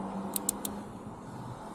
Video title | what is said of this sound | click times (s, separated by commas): How to Change Spark Plugs Harley Davidson Sportster 1200 Roadster [4K] | There it is. Right there's the snap. | 0.5 s